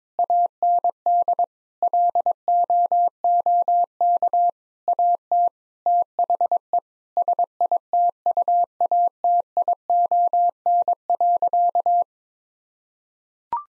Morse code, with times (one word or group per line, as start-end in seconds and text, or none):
0.2-1.4 AND
1.8-4.5 LOOK
4.9-5.5 AT
5.9-6.8 THE
7.2-12.0 SITUATION.